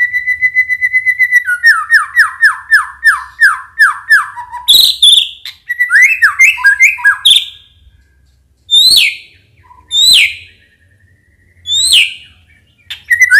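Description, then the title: White-rumped shama song opening with a long series of repeated descending whistled notes, then varied slurred phrases and a few sharp harsh calls separated by pauses. Singing actively; lure recording meant to make birds respond. "MURAI BATU GACOR"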